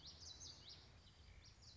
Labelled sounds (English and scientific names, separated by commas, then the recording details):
Common Yellowthroat (Geothlypis trichas)
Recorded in Sonoma County, California